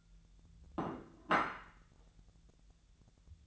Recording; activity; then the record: daily activity, microphone in the room; place plate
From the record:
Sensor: 3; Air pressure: 1000.2 hPa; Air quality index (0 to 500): 141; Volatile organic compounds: 2 ppm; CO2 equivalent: 1253 ppm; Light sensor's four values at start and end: 27/68/29/32 and 27/68/29/32